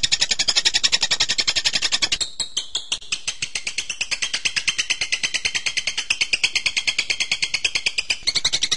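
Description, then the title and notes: Bird song, a dense high chattering run of rapid, evenly pulsed notes, shifting pitch bands midway. Birdsong for training (masteran). "MASTERAN BURUNG. suarane manok"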